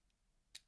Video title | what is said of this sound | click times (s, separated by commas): Vulcain Skindiver Nautique 4K Watch Review | Snaps shut up with a nice positive click. | 0.5 s